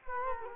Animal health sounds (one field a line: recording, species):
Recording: mosquito wingbeat signal from an infrared sensor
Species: Culex quinquefasciatus